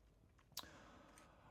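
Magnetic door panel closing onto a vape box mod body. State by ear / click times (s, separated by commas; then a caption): seated / 0.6 s. The magnetic door panel of a Rebel Mod vape box mod by RM Mods is closed onto the body and snaps into place with one sharp click at 0.6 s, followed by a faint tick around 1.2 s over low background noise. The door seats firmly, held by its magnets, with a very nice click.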